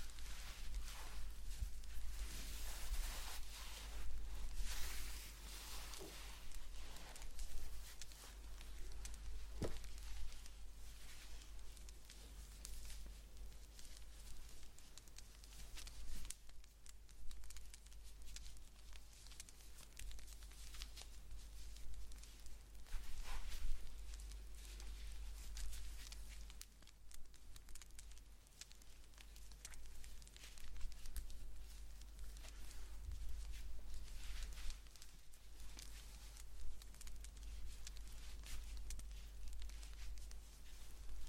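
Blanket knitting with a continuous soft rustle of yarn and fabric, uneven and slightly crackly throughout. Brighter swishing bursts stand out near the start and around 10, 16, 27 and 35 seconds, over a steady low hum underneath.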